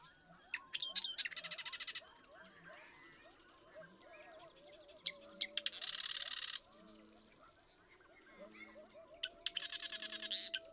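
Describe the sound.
Marsh Wren with three sputtering, buzzy rattled songs about four seconds apart; scattered chips and thin whistles from other birds continue behind them.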